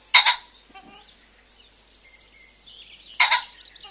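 Common pheasant call: a harsh, explosive double note at the start and another three seconds later, thin birdsong filling the gap.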